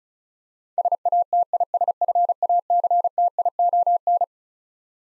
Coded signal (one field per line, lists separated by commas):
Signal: Morse code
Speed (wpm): 36 wpm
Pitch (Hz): 700 Hz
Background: none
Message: SATISFACTION